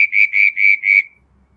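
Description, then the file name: Southern brown tree frog calling a quick series of pulsed notes, then falling quiet. "Litoria ewingii"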